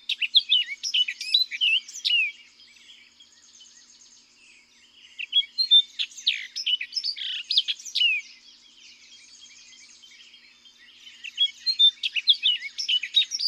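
Orchard oriole song: several hurried, jumbled phrases of whistled and slurred notes mixed with harsher chatter, separated by pauses of a few seconds.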